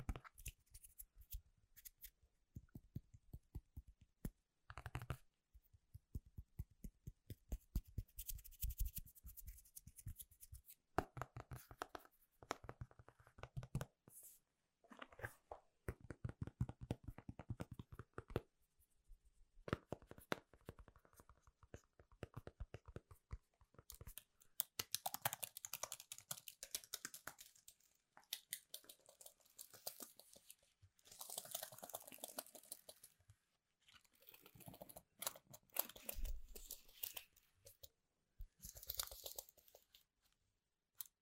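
Fingers tap on Apple gadgets, keyboards and product boxes in quick clustered bursts, crisp and dry, broken by brief pauses and occasional scratchy rubbing.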